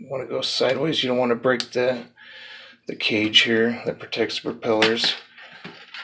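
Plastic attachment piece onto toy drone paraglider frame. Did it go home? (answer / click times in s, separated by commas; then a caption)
yes / 5.9 s. A plastic attachment piece is pushed onto its mount on one side of an Air Hogs 2 in 1 Extreme Air Board Paraglider toy drone frame, near the protective propeller cage, while someone talks. A short tap at 5.6 s is followed by the piece snapping into place at 5.9 s.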